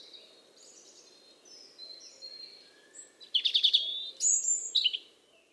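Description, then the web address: Bird song of thin high whistles over steady background hiss, building to a loud rattling trill and quick sharp chirps before fading. "cianscape birddata Deverinetal 2025 Bird Only Er Ru"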